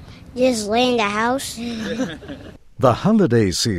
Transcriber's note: laughter